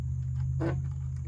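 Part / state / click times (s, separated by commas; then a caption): seat spring into motorcycle solo seat mount / not seated / none. A coil spring is fiddled against its mount on an Amazon motorcycle solo seat, with faint taps and scraping over a steady low hum, and a louder rustling burst around 0.6–0.7 s. Nothing has seated or clicked yet; the spring is not locked into place by the end.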